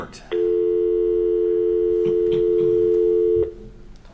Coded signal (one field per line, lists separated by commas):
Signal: telephone call progress tone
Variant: North America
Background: speech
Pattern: dial tone